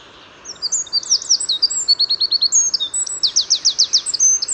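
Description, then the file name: Eurasian wren song: a loud, rapid, high outpouring of sharp notes and fast rattling trills, tumbling on for about four seconds with a steady faint hiss behind. "Troglodytes troglodytes"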